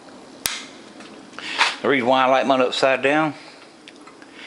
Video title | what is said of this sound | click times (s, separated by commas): Restoring Cub Cadet part 5 | and it's in there same way you put a real close to it twist two clicks | 0.5 s, 1.4 s